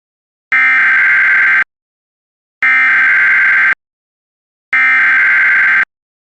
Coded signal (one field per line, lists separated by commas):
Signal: Emergency Alert System (SAME) tones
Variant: header bursts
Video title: EAS - Dangerous AMBER Alert issued in Tennessee for Girl Abducted by Unknown Armed Man